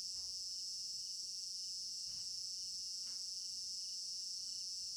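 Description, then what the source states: Crickets in a dense, continuous high-pitched chorus, with a few soft clicks. Village garden in Africa at night; stereo binaural.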